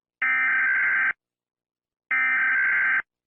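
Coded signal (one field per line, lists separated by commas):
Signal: Emergency Alert System (SAME) tones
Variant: header bursts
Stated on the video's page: Animated EAS alarms.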